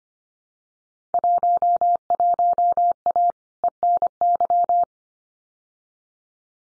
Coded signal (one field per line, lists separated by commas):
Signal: Morse code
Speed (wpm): 25 wpm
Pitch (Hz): 700 Hz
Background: none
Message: 11A ENY